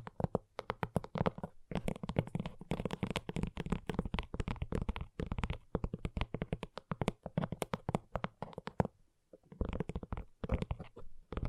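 Gentle tapping goes on in quick, dense bursts, the light knocks crowding close together with few gaps. The taps have a soft, low body with brighter clicky edges, and the pace pauses briefly near two seconds and again around nine seconds.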